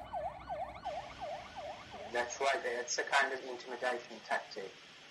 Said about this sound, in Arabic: هذه أساليب للتخويف. سيارات جوالة يفترض أن تطلق صافرات الإنذار عند وجود طارئ، لكنها هناك تطلقها كل يوم. منذ 2017 عندما طبقوا القوانين العرفية، بدأت سيارات جوالة تطلق الصافرات لتزرع الرعب في الناس